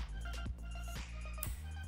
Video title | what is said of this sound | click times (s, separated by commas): 🚰Filtration et lampe uv OJI 12 volt pour une eau potable dans son fourgon #9 | c'est clipsé c'est | 1.4 s